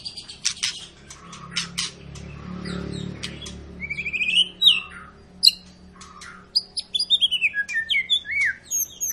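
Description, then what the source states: White-rumped shama song of scattered sharp clicks and chips, then rising slurred whistles and quick high notes over a low steady hum. Long lure recording of a vigorously singing White-rumped shama, used to make other birds sing.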